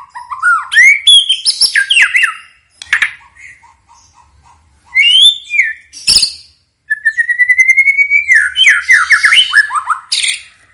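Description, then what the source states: White-rumped shama song: quick bursts of varied whistles and chatter, a sharp click, then a long rapid trill rising into warbled notes. Lure recording of an actively singing white-rumped shama, meant to make birds that hear it respond at once.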